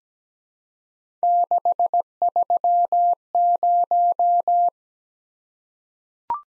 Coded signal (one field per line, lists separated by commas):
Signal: Morse code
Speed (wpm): 17 wpm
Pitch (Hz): 700 Hz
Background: none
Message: 630